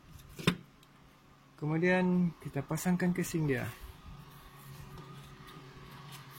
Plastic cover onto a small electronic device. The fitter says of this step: Pasangkan penutup ni, tekan. Okey. Dan dia akan bunyi klik.